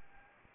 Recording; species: mosquito wingbeat signal from an infrared sensor; Anopheles arabiensis